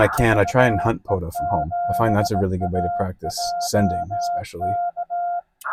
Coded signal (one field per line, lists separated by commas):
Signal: Morse code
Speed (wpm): 17 wpm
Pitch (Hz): 700 Hz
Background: speech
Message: VE7AJK